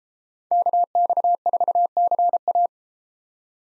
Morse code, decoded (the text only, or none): KX4CA